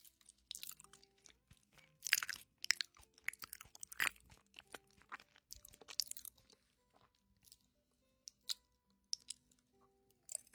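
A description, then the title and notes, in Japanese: Chewing with crisp, crunchy bites that snap out loudest around two, four and six seconds, then thin to sparser, softer munching. Wet clicks and small mouth sounds fill the gaps, with faint short tones drifting in the quiet background. 咀嚼音。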